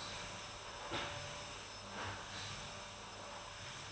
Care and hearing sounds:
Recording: daily activity, microphone in the room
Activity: vacuum cleaning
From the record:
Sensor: 2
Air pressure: 1011.7 hPa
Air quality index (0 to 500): 220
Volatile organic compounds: 4 ppm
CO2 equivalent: 1549 ppm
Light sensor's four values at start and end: 7/17/7/7 and 7/17/7/7

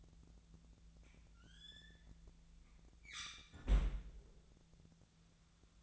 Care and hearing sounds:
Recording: daily activity, microphone in the room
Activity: close fridge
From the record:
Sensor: 3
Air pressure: 1009.6 hPa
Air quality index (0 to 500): 193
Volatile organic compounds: 15 ppm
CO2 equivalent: 2514 ppm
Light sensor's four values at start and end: 35/87/37/40 and 35/87/37/39

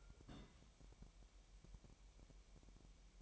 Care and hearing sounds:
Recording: daily activity, microphone in the room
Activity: place on stove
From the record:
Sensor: 1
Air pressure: 1002.0 hPa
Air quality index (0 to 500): 247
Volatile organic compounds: 51 ppm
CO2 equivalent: 3316 ppm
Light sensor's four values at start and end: 5/13/5/6 and 5/13/5/6

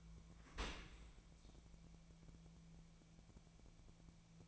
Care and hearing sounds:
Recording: daily activity, microphone in the room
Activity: open dishwasher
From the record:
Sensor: 1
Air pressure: 1000.5 hPa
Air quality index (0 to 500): 182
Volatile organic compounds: 4 ppm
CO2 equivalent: 1674 ppm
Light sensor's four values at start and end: 11/26/10/12 and 11/26/10/12

